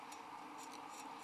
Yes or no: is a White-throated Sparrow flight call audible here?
no